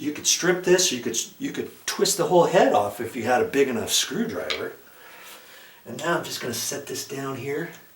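A new soft-close toilet seat is handled as it is about to be set down onto its hinge mounting brackets on the toilet bowl, while someone talks throughout. Only speech and faint handling noise are heard, and nothing has seated or clicked yet.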